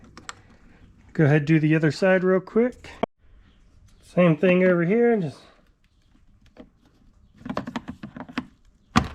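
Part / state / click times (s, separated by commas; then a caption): plastic vent grille out of dash/A-pillar trim opening / released / 9.0 s. Someone talks, then a sharp crack at 9.0 s as the old plastic vent grille on the other side of a Bronco's dash/A-pillar trim is pried and its side tabs let go, popping it out of the trim. Faint clicks and scraping from the prying come just before, and the grille ends up released from the trim opening.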